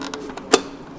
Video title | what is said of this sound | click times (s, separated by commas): Stage 1 VUDU Tune & Charge Pipe Install on my 235i | that's clipped in | 0.5 s